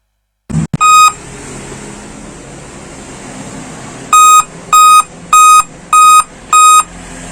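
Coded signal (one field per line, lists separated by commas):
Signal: beep code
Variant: Dell laptop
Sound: a click, then five short, evenly spaced, buzzy electronic beeps about a third of a second each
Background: room hiss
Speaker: ini ada permasalahan jadi laptop Dell yang bermerek Del eh muncul suara beep ya Nah kita simak lagi untuk videonya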